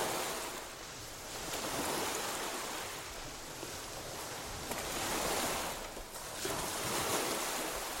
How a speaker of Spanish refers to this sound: Era como si la casa y la roca se elevaran y descendieran con las olas. Incluso me parecía oír al rítmico vaivén del agua bajo el mismo edificio.